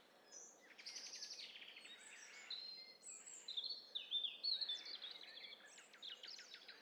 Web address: Hi Fi STEREO BIRD COCKTAIL PARTY Challenge SBCP TESTSET